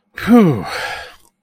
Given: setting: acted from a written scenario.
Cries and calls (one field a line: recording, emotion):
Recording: vocal sound without words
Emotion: pride